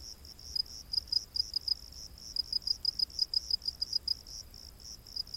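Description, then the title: Cricket chirps, high and short, coming in uneven bursts of quick pulses against a faint hiss. Crickets in a rainforest at night. "Crickets of the Rainforest 🌿. Exotic Insect Orchestra"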